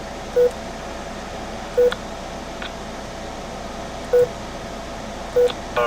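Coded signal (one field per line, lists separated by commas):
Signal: none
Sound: radio's notification beeps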